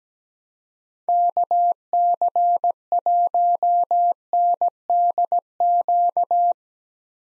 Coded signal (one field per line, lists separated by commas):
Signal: Morse code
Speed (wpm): 17 wpm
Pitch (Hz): 700 Hz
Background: none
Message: KC1NDQ